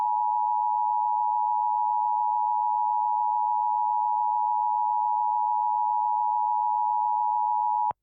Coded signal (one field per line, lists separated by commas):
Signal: Emergency Alert System (SAME) tones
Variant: 853 and 960 Hz attention tone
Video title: EAS Scenario - "The Electrical Virus"